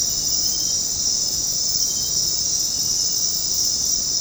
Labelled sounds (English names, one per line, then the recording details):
none
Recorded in dense forest near Puerto Asís, Putumayo, Colombia, on 18 February 2024 at 22:00
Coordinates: 0.503, -76.322
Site G6418